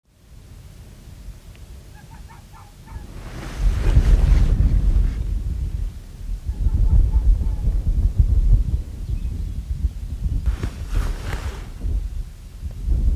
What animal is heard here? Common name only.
Arctic Fox